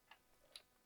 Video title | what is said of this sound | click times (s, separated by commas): Installing Cables, Power supply, Introduction to Cable Management on Hyte Y60 with CableMod Cables | just like that I heard a very audible click that's what I was looking for | 0.6 s